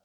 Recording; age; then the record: pig call; piglet (1 to 25 days)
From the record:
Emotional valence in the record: positive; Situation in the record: reunion after long isolation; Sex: female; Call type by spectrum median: low-frequency call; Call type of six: low-frequency tonal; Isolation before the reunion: 8 minutes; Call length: 0.05 s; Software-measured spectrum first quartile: 605 Hz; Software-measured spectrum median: 1495 Hz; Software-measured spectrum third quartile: 8320 Hz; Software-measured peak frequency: 578 Hz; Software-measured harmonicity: 0.9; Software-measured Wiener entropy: -2.26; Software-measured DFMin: 721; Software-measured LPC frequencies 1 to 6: 638, 1359, 3122, 4129, 5126, 6161 Hz